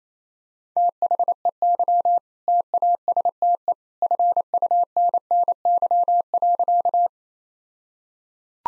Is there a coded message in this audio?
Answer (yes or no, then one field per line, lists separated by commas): yes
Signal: Morse code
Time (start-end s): 0.8-7.1 s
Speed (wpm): 28 wpm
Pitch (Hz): 700 Hz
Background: none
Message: THEY TASTE FUNNY.